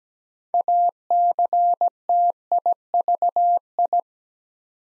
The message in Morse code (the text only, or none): ACTIVI